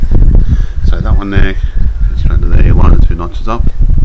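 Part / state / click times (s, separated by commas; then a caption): hose end fitting into a snap-lock hose connector / not seated / none. A hose end is handled at a plastic snap-lock garden-hose connector, its two notches lined up and twisted together, while someone talks over faint handling taps and rustles. Nothing has seated or clicked yet; the clip ends before the fitting goes home.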